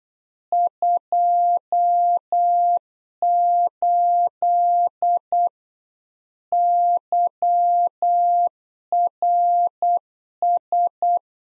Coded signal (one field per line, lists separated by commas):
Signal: Morse code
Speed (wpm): 8 wpm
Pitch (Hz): 700 Hz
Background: none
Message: 28 YRS